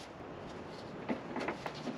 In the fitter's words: so now all I got to do is line it up and it should snap right in